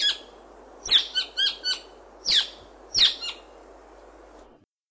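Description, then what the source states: South Island saddleback calling in a short burst of ringing, harmonic notes, then a few more notes before quiet at the end. South Island, New Zealand.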